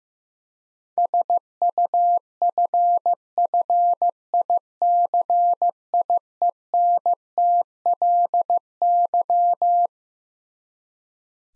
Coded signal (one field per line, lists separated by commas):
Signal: Morse code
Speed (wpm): 15 wpm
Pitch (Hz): 700 Hz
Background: none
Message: SUFFICIENTLY